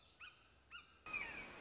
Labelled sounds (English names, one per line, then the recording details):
Red-shouldered Hawk
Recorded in Sonoma County, California